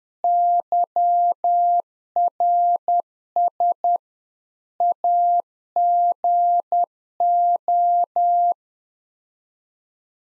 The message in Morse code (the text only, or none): YRS AGO